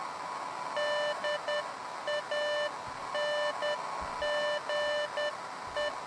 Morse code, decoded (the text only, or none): DANGE